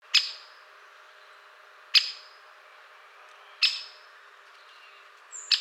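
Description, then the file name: Great spotted woodpecker calling: four abrupt, high 'kick' notes separated by pauses of nearly two seconds. "Pico Picapinos"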